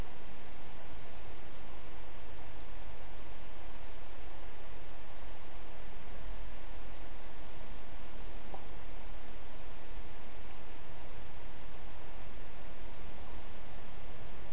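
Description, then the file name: Insects keep up an unbroken, high, buzzing chorus with slight rhythmic pulsing, while a low rumble runs underneath throughout. "mainly insect"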